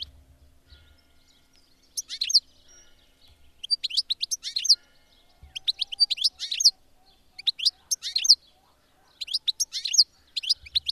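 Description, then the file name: European goldfinch song: bright, twittering bursts of quick chirps and trills, repeated in several phrases with short silent gaps between. "tengelic"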